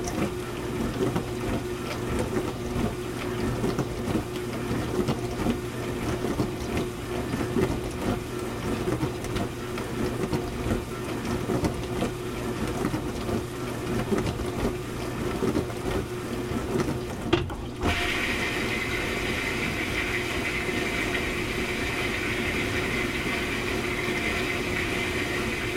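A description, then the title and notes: A loud dishwasher runs with a steady motor drone and a low, throbbing hum under a constant rushing wash. Just past the halfway point the sound briefly drops, then shifts to a smoother, brighter hiss that continues evenly to the end. The sound of a loud, obnoxious dishwasher cycle.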